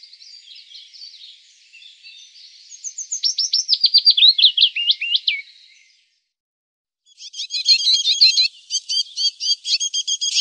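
Willow warbler song: one soft, falling whistled cadence over faint twittering, followed after a pause by a different rapid, repeated high chattering.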